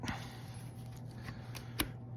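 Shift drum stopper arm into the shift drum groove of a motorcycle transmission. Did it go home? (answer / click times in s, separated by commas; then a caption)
partly / 1.8 s. A shift drum stopper arm on a 2007 Yamaha YZ85 motorcycle transmission is lined up with the indented groove on the shift drum and pushed back by hand, with a sharp click at 1.8 s. The stopper is only partly seated, not fully in yet, and still needs lifting and light tapping to sit all the way in.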